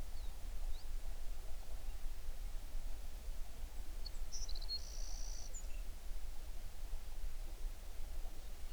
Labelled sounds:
songbird
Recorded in the Prudhoe Bay oil fields, Alaska, on 11 June 2019 at 05:44
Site 21

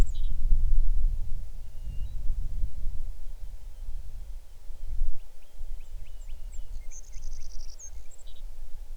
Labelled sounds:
songbird
wind
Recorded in the Arctic National Wildlife Refuge, Alaska, on 6 July 2019 at 00:57
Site 39

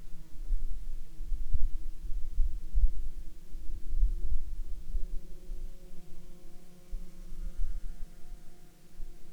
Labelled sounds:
insects
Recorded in Ivvavik National Park, Yukon, on 26 June 2019 at 14:12
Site SINP09

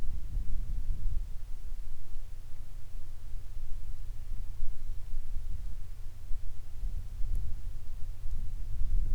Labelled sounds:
wind
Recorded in the Arctic National Wildlife Refuge, Alaska, on 22 July 2019 at 15:42
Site 41

